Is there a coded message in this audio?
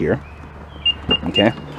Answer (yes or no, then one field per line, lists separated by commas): no